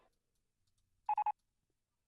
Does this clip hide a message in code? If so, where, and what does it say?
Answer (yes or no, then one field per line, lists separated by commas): no